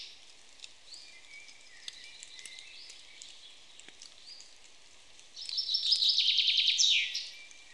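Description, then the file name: Common chaffinch song: after faint chirps, one loud trilled phrase ending in a downward flourish. "Fringilla coelebs"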